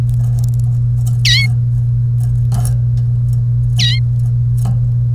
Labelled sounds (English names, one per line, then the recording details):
Domestic Canary song
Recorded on 1 May 2018 at 12:01
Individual llb3